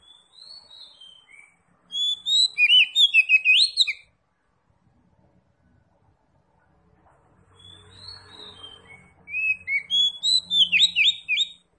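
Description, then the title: Oriental magpie-robin pouring out rapid, varied whistles and chirps in two bouts a few seconds apart. Oriental magpie-robin linked to Tretes, described as singing vigorously (gacor). "Kacer Tretes Gacor"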